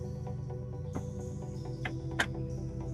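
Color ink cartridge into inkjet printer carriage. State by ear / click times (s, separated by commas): seated / 2.2 s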